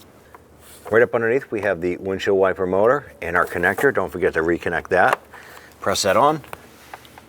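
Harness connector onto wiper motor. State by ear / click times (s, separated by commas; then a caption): not seated / none. On a 2004-2009 Dodge Durango, a harness connector is being pressed onto the windshield wiper motor up underneath the cowl, with the red lock tab still to be pushed over. Someone talks through most of the clip, with a few faint, brief ticks near the start and in the last half second. The connector has not clicked or seated yet.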